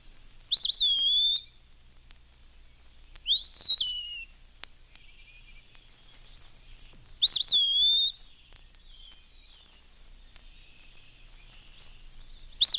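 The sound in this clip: Eastern Wood-Pewee: clear, slurred whistled phrases repeated every few seconds.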